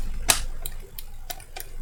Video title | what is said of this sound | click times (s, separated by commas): PROVIAMO A RIPARARE - xiaomi mi smart projector mini | No vabbè ha fatto click il pannello frontale niente di male ma preferivo lasciarlo aperto | 0.3 s